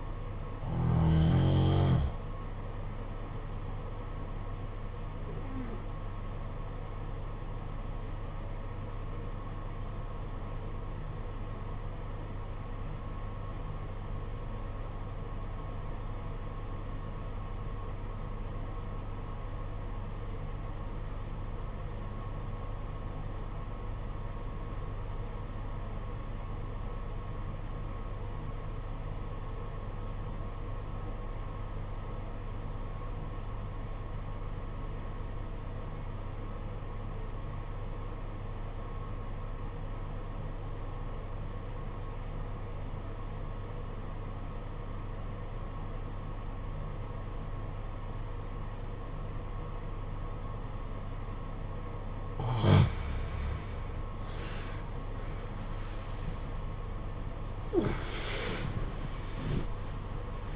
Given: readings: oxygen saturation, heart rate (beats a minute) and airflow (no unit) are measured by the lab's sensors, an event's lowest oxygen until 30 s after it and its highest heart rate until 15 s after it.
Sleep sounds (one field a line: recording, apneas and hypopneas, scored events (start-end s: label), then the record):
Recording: breathing in sleep by a smartphone at the bedside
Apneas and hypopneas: 1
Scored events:
8.00-52.80 s: obstructive apnea (REM, oxygen 97% highest, then 73% lowest, heart rate 51 at the start, 89 highest)
From the record:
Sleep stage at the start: REM sleep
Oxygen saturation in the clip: 77 to 97%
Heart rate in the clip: 43 to 85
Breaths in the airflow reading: 5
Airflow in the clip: -22.1 to 15.4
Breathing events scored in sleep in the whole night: 476 in 9.7 hours asleep